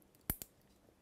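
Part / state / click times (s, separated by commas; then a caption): CPU heat sink push pin into motherboard mounting hole / seated / 0.3 s. A push pin on a stock CPU heat sink is pressed down through the motherboard mounting hole. A sharp click sounds at 0.3 s, followed by a softer second click at about 0.4 s, and the pin locks in, seated.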